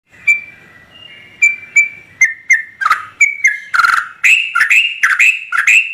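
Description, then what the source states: Yellow-vented Bulbul song: short bubbly whistled phrases, sparse at first, then quickening into a run of rising and falling notes. Trucukan singing vigorously (gacor), its song filled with material taken from other birds (isian).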